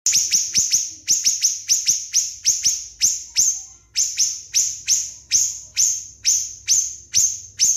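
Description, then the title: Spiderhunter song: a long series of sharp, high descending notes, each fading quickly, repeated about twice per second with a few brief gaps. Loud, clear, long song; recording meant for training other songbirds. "Pijantung Gunung Gacor Jernih Panjang"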